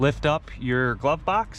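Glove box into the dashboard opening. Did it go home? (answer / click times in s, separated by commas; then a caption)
no / none. A man talks while the plastic glove box of a 2007–2011 Honda CR-V is about to be lifted back up into the dashboard opening after a cabin air filter replacement. Nothing has clicked or seated yet, and the glove box is not yet back in place.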